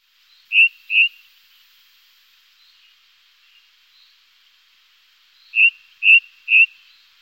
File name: mirlo capiblanco